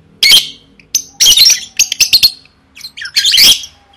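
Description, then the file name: Lovebird squawks: a few loud, rasping bursts and quick chirps in about four seconds, with short silences between. "tieng vet mau don"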